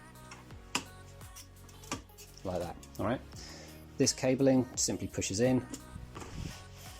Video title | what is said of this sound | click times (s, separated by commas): Jaguar X-Type - Changing OEM Xenon (HID) bulbs, ignitors and ballasts | and you can hear it click | 0.8 s